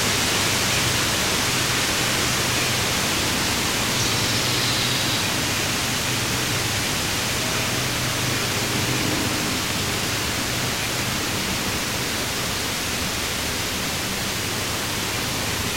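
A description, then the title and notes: Wind rustles steadily through trees on a breezy day at the edge of the woods, a dense, even hiss that fills everything from low rumble to bright top. The level barely changes across the whole stretch, with no distinct calls standing out. Maurolou Farm. It’s a breezy day between the edge of the woods and the coastal pasture. June 2019.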